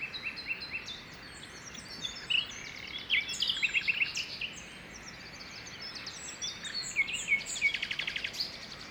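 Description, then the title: Common nightingale singing scattered chirps, buzzy trills and whistled phrases in bursts. Early morning song in the parc de Loire, Saint-Jean-le-Blanc, France; recorded on a Zoom H2n with EM272 stereo microphones. "Saint-Jean-le-Blanc, France - Rossignol philomèle matinal au parc de Loire"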